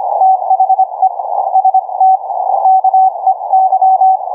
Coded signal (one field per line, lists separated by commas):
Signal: Morse code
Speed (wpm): 25 wpm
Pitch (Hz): 760 Hz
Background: none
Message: THE ST KEY